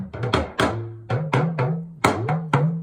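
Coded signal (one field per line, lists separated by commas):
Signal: talking drum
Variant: Yoruba dùndún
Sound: about nine quick drum strokes with low pitch gliding up and down like speech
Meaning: I'm thankful because the Lord hasn't caused me sorrow; I'm thankful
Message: Mo dúpẹ́, Ọlọ́run kò pa mí lẹ́kún, Mo dúpẹ́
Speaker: I'm pretty much saying in my native tongue, Mo dúpẹ́, Ọlọ́run kò pa mí lẹ́kún, Mo dúpẹ́, which means I'm thankful because the Lord hasn't Caused me to cry.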